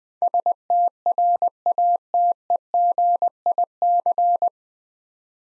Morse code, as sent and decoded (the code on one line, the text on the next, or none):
... - .-. .- - . --. .. -.-.
STRATEGIC